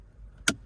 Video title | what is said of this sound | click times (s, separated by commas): Installing New Acuity Poco Shift Knob | you can hear the click okay and now with the new put | 0.5 s